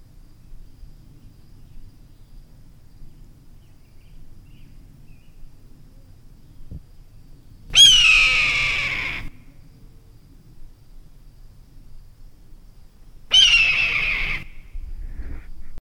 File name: suara elang ekor merah. omkicau